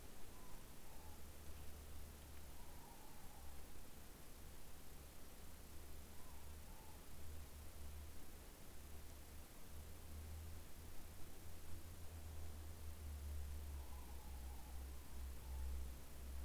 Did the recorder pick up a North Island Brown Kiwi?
no